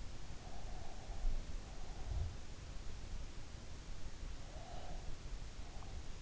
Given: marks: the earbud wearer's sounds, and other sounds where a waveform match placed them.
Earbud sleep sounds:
sounds in sleep by an in-ear microphone; breath
0.29-2.40 s: breath
4.31-6.20 s: breath

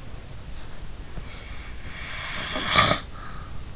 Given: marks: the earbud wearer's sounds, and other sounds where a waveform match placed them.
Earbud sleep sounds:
sounds in sleep by an in-ear microphone; snoring breath
1.42-3.66 s: snoring breath

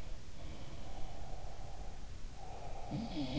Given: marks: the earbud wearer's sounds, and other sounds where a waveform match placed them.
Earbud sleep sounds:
sounds in sleep by an in-ear microphone; breath
0.30-3.25 s: breath
2.80-3.39 s: sound from someone else or the room

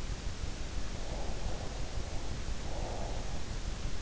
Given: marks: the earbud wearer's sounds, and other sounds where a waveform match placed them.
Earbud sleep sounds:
sounds in sleep by an in-ear microphone; breath
0.93-3.42 s: breath

